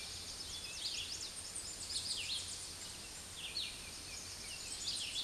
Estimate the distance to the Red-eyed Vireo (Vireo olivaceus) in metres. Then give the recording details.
about 30 m. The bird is about 15 m above the microphone. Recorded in a Pennsylvania forest on 16 May 2024 at 06:40. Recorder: AudioMoth, point MSD-0398. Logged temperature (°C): 16.4 °C. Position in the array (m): 169 m, 75 m